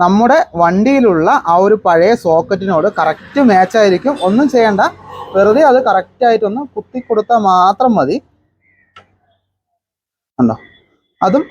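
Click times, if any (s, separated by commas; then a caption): 9.0 s. The throttle position sensor plug on a new carburettor is pushed into the motorcycle's existing wiring harness socket. Someone talks for about eight seconds, then a single sharp click is heard at 8.9 s in a quiet gap, followed by brief talk. The connector seats and locks in.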